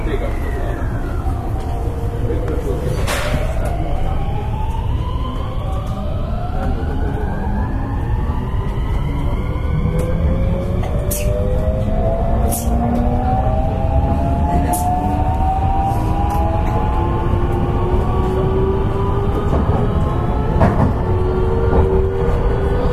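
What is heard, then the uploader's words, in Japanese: A JR West 223 series train runs with a steady, heavy low rumble throughout. Several whining motor tones glide upward together as it gathers speed, and sharp clicks from the rails break through every few seconds. JR西日本223系 JR神戸線快速 神戸から大阪まで。JR西日本223系電車の走行音です。JR神戸線の快速列車で録音しました。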